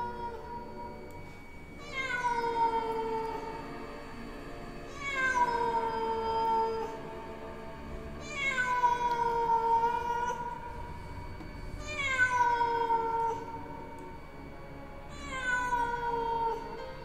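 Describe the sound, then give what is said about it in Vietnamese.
Stray cats on rooftops meow in five long, drawn-out wailing calls, spaced every three to four seconds, each rich and tonal with a pitch that slides downward. There is no talking. “Ở trên những mái nhà, có tiếng những con mèo hoang bắt đầu kêu lên như đang gọi bầy, cũng là gọi những đứa trẻ còn đang chưa về đến nơi.”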